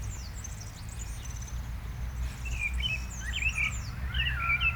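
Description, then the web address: Common blackbird producing short mellow fluty phrases in the second half, rising and falling, while high thin twittering from other birds and low background rumble continue. "SETE data Turdus merula"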